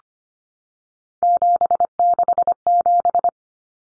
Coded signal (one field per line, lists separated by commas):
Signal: Morse code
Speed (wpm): 25 wpm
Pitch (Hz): 700 Hz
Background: none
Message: 767